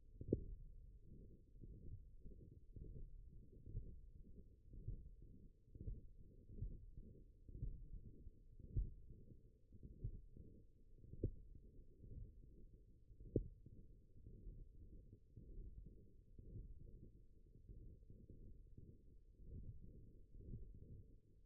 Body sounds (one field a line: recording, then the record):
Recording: forearm muscle sounds (acoustic myography)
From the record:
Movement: radial deviation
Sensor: system 1, eight BSWA MPA416 microphones around the upper forearm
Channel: 7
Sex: male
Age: 21 years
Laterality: right